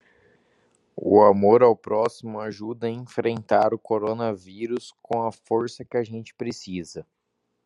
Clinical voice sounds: spoken sentence; Brazilian Portuguese; male; 20 to 29 years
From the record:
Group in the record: control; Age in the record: 27 years

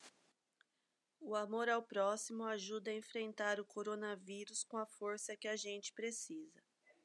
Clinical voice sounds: spoken sentence; Brazilian Portuguese; female; 40 to 49 years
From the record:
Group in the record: control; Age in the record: 43 years

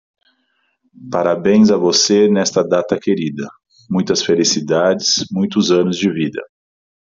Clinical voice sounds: short text; Brazilian Portuguese; male; 40 to 49 years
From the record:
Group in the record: control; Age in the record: 45 years

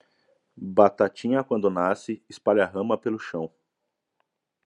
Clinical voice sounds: short text; Brazilian Portuguese; male; 30 to 39 years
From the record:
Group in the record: control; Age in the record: 38 years

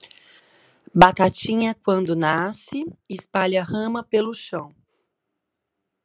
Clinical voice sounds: short text; Brazilian Portuguese; female; 40 to 49 years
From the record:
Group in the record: control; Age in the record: 44 years

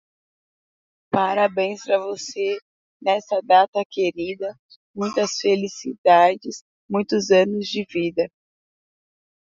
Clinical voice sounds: short text; Brazilian Portuguese; female; 20 to 29 years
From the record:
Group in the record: control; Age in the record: 20 years

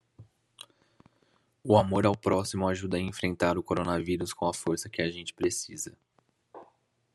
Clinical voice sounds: spoken sentence; Brazilian Portuguese; male; 20 to 29 years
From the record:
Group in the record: control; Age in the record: 25 years

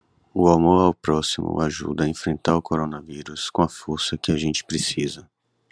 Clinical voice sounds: spoken sentence; Brazilian Portuguese; male; 30 to 39 years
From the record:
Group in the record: control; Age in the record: 36 years

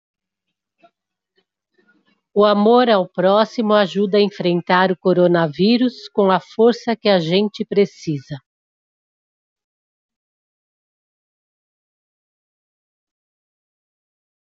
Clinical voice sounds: spoken sentence; Brazilian Portuguese; female; 60 to 69 years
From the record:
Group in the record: control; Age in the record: 63 years

